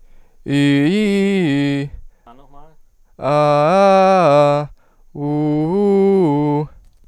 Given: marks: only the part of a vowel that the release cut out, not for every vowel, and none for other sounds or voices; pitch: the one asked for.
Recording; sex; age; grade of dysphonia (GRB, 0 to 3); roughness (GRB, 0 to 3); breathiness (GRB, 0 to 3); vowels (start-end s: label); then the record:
sustained vowels; male; 18 to 19 years; 0; 0; 0
0.58-1.76 s: vowel /i/, low-high-low pitch
3.37-4.46 s: vowel /a/, low-high-low pitch
5.32-6.47 s: vowel /u/, low-high-low pitch
From the record:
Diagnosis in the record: healthy voice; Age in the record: 19 years